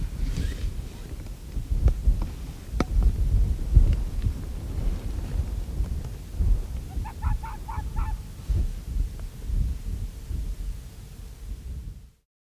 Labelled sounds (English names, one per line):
Arctic Fox